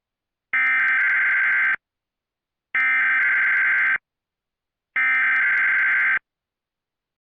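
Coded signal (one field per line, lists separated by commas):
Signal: Emergency Alert System (SAME) tones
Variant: header bursts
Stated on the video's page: Fictional EAS scenario for entertainment, not a real broadcast, possibly containing valid tones.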